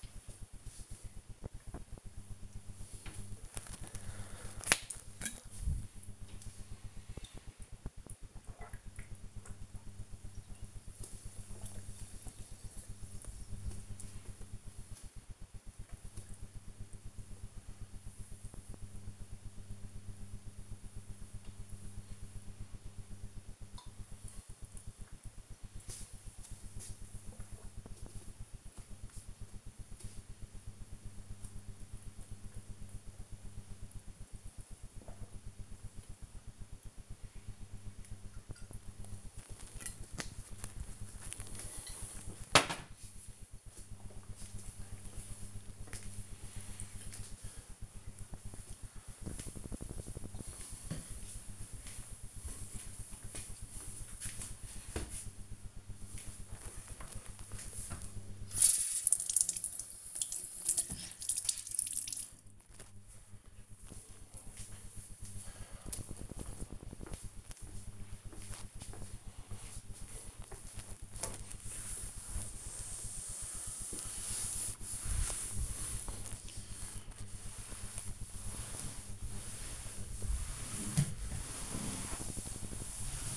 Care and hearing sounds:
household activities, microphone on the right wrist
3.35-41.57 s: drinking
55.65-83.37 s: cleaning table

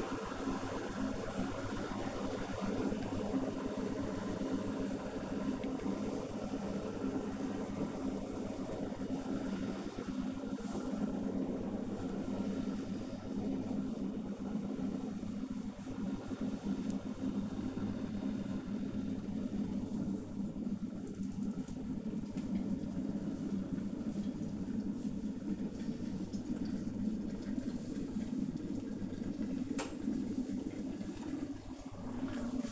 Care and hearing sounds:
household activities, microphone on the right wrist
0.00-32.72 s: making tea

